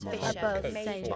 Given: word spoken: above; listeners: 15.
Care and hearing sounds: one English word in noise, from a listening test; four-talker babble; 0.5 dB; 4 of 15; 7 of 15; 0.76 s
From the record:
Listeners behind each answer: 7, 4, 2, 1, 1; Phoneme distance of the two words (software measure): 40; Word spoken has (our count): 2 syllables, 4 phonemes, stress on syllable 2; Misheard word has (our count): 2 syllables, 4 phonemes, stress on syllable 1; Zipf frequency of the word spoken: 4.94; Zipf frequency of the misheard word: 3.75

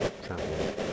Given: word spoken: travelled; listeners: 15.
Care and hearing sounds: one English word in noise, from a listening test; noise modulated by three-talker babble; -4.8 dB; 0 of 15; 8 of 15; 0.53 s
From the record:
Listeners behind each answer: 8, 3, 1, 1, 1, 1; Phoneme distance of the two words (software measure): 7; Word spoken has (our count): 2 syllables, 6 phonemes, stress on syllable 1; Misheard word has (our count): 2 syllables, 5 phonemes, stress on syllable 1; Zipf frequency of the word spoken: 4.40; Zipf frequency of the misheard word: 4.82

